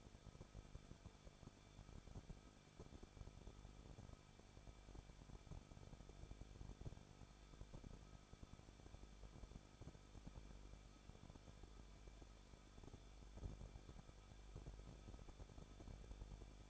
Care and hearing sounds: daily activity, microphone in the room; no activity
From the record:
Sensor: 5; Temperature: 20.9 degrees Celsius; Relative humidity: 38.2%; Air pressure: 1006.4 hPa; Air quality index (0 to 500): 187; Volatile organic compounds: 18 ppm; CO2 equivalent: 2636 ppm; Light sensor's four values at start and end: 2/3/1/1 and 2/3/1/1

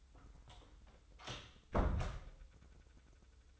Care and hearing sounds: daily activity, microphone in the room; close door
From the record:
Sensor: 3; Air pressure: 996.1 hPa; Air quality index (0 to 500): 48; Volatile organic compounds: 1 ppm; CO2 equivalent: 965 ppm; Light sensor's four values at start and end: 14/34/14/14 and 14/33/14/14

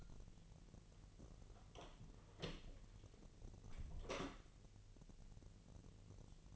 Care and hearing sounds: daily activity, microphone in the room; close door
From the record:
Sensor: 4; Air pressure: 1002.2 hPa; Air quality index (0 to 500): 248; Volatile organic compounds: 41 ppm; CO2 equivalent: 3160 ppm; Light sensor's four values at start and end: 9/20/8/7 and 10/21/8/8

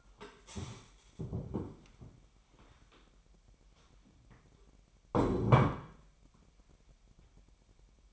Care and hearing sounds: daily activity, microphone in the room; stand up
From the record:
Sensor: 1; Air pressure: 998.6 hPa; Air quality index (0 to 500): 123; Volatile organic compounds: 3 ppm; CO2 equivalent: 1468 ppm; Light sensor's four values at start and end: 9/23/9/11 and 9/23/9/11

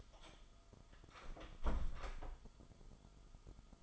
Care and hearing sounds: daily activity, microphone in the room; close door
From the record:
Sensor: 5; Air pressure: 1005.1 hPa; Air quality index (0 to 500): 92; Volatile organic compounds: 2 ppm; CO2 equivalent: 1110 ppm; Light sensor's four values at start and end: 35/81/32/31 and 35/81/32/31

